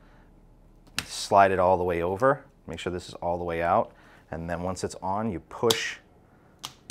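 A bib pump connector is slid over the fitting of a new bag-in-box while someone talks, and then its plastic insert is pushed all the way in so it won't leak. Sharp clicks at 6.6 and 6.9 seconds mark the insert seating home.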